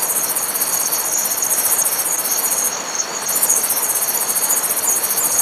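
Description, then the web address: Grasshopper song: continuous high, rasping pulsed buzz with one brief pause midway, backed by a steady high-pitched insect drone. "Heuschrecke"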